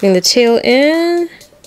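The tail piece of a plastic transforming toy figure is folded in by hand while it is converted to ball mode. Someone talks for most of the clip, then faint handling noise follows, with a small sharp sound near 1.6 s. The tail has not seated or clicked into place yet.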